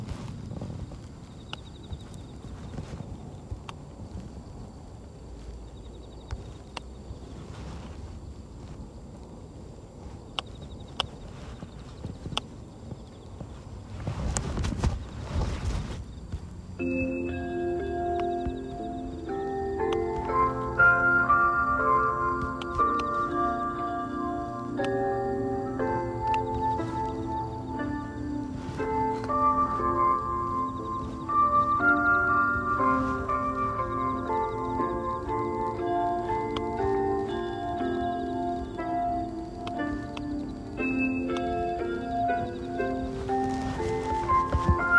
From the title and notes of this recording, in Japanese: ガサガサ音あり 人参除草／夕暮れ。片手にハサミを持ちながら、草を抜きつつ、大きいものはチョンチョン切っていきます。